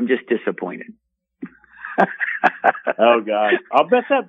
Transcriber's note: laughs